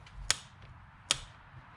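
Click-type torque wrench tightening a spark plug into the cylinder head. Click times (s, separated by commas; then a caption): 0.3 s, 1.1 s. A click-type torque wrench set to 13 ft-lb tightens a new spark plug with a fresh crush washer into the cylinder head of a 2003–2007 Honda Accord V6, squeezing the crush washer. Two sharp metallic clicks ring out at 0.3 s and 1.1 s against a quiet background, confirming the wrench has reached its torque setting.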